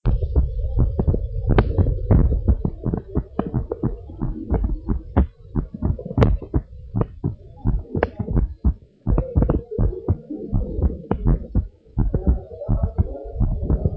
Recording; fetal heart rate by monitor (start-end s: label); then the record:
heart sounds of a pregnant woman by stethoscope
no fetal heartbeat
From the record:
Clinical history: abnormal fetal non-stress test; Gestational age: 37 weeks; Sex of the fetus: boy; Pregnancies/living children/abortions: 3/1/1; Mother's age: 33 years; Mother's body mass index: 31.0